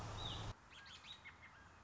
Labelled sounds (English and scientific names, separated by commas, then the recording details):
American Robin (Turdus migratorius)
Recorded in Sonoma County, California